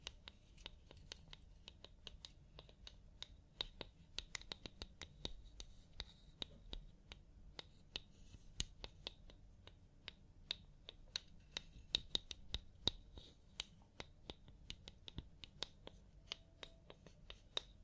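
A scalp massage during a hair wash, heard as a dense, irregular stream of sharp crackles and snaps that continues for the whole clip. A soft, steady low rumble runs underneath, and a few clicks stand out louder around the middle and near the end.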